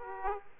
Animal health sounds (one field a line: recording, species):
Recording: mosquito wingbeat signal from an infrared sensor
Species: Aedes aegypti